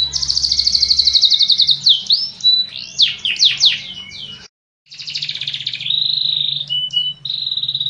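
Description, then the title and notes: Canary song of rapid trills, swooping slurred notes and whistled tones, with a short silent gap midway before the singing resumes. Canary master song recording used as a training tutor for other canaries. "Suara Burung Kenari Masteran. master suara burung kenari mantap"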